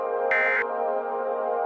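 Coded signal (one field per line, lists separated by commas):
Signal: Emergency Alert System (SAME) tones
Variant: end-of-message bursts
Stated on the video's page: Fictional EAS scenario.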